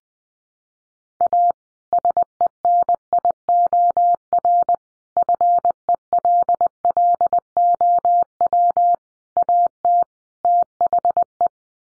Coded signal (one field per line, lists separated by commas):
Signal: Morse code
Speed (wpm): 20 wpm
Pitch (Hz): 700 Hz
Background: none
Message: A SENIOR FELLOW AT THE